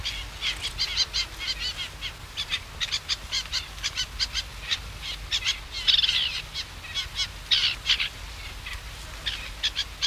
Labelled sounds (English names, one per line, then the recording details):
Eurasian Reed Warbler
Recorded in the wild
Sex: diverse
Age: diverse
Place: Hannover, Salzwiesen, Niedersachsen, DE
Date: 1973-08-01
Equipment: Halbspur, 9,5 cm/s
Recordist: Lütgens, Hans